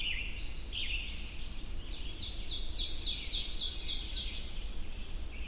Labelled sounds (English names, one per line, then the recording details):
Ovenbird song
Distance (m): 40 m
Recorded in boreal forest in Alberta, Canada, on 22 June 2016 at 05:09
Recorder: SongMeter 3, array SBT-6-76
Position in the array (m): 150 m, 99 m
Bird 3